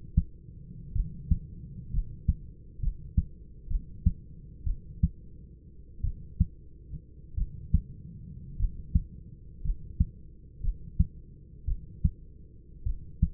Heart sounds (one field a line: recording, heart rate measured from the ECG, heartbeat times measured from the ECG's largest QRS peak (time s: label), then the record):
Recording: heart sounds by stethoscope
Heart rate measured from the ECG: 55 bpm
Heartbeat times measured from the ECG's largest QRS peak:
0.93 s: heartbeat
1.91 s: heartbeat
2.80 s: heartbeat
3.68 s: heartbeat
4.64 s: heartbeat
6.02 s: heartbeat
7.35 s: heartbeat
8.57 s: heartbeat
9.62 s: heartbeat
10.61 s: heartbeat
11.66 s: heartbeat
12.84 s: heartbeat
From the record:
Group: healthy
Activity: rest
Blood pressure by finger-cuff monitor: 117/56 mmHg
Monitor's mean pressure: 75 mmHg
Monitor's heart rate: 58 bpm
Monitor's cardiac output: 5.7 L/min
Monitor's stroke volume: 100 mL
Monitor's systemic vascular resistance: 950 dyn s/cm5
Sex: male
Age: 25 years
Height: 170 cm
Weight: 70.4 kg